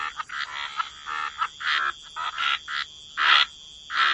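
Frogs croaking in a chorus, uneven rasping bursts with brief gaps, one louder croak standing out near the end, steady hiss underneath.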